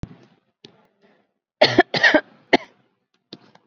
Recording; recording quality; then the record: shallow voluntary cough; excellent, no background noise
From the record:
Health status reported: COVID-19 positive, mild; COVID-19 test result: positive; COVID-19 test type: RT-PCR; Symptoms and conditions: cough, cold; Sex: female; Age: 32 years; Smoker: no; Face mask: worn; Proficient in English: yes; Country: India